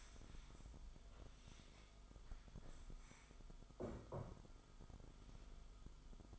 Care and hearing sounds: daily activity, microphone in the room; stand up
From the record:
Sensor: 5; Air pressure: 1005.1 hPa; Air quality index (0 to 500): 105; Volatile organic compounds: 2 ppm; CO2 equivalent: 1292 ppm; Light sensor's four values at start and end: 34/80/32/30 and 34/79/32/30

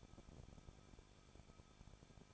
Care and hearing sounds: daily activity, microphone in the room; no activity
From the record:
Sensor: 5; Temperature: 20.8 degrees Celsius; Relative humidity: 38.6%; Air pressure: 1006.5 hPa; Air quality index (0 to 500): 192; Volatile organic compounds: 20 ppm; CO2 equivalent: 2705 ppm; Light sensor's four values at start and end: 2/3/1/1 and 2/3/1/1

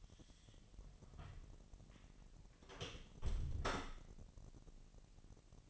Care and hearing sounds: daily activity, microphone in the room; close door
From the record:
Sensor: 4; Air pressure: 1002.0 hPa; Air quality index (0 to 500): 248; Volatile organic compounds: 41 ppm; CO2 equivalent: 3161 ppm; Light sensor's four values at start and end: 9/20/8/7 and 10/21/8/8

